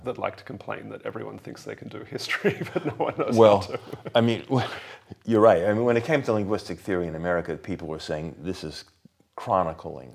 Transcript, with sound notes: that like to complain that everyone thinks they can do history, but no one knows how to. [laughs]
I mean, well, you’re right. I mean, when it came to Linguistic Theory in America, people were saying, “This is chronicling.